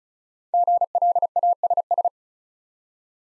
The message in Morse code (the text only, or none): GLASS